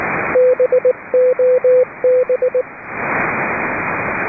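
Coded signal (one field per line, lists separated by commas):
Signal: Morse code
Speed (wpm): 20 wpm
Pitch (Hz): 500 Hz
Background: radio noise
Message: BOB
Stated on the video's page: Net on 3.729 MHz, with net control operating fully remote from a boat.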